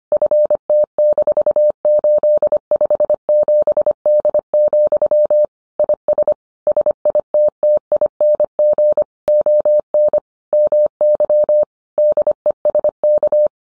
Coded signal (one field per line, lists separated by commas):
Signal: Morse code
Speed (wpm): 25 wpm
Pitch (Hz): 600 Hz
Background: none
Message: FT-857D, IS SITTING ON MY DESK